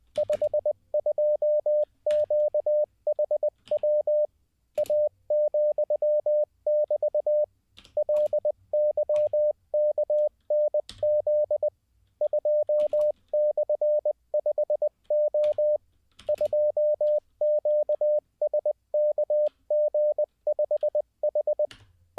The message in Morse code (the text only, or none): 52QHW A,<BT> LYKNZ 2/5O 2QSKG5H